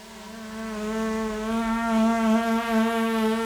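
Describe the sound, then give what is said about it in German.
A steady, droning buzz of bumblebees and hoverflies inside a greenhouse among grapevines, low-pitched and rich in overtones, swelling slightly in loudness as it continues without pause and with no voices. “Draußen, wo schon die Blätter fallen, wären die Hummeln und Schwebfliegen in den kalten Nächten längst umgekommen.”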